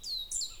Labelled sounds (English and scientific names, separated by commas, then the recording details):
Stitchbird (Notiomystis cincta) song
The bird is a male
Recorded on Tiritiri Matangi Island, New Zealand, in 2005
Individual 4, of nest box 4